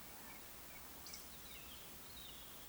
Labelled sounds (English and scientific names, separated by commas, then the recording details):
Eurasian Woodcock (Scolopax rusticola) whistle, Eurasian Woodcock (Scolopax rusticola) croak
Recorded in Baden-Württemberg, Germany, on 2 June 2020 at 19:43 UTC
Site 46190, 1214 m above sea level